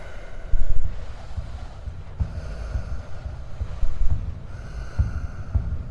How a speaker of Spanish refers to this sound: Me rodeaba un descomunal silencio, como si todo el mundo estuviese dormido o muerto, roto tan solo por el suave jadeo de algún animal cercano.